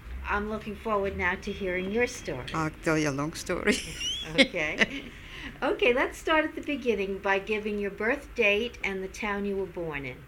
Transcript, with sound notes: I'm looking forward now to hearing your story.
I'll tell you a long story. (she laughs)
Okay. Okay, let's start at the beginning by giving your birth date and the town you were born in.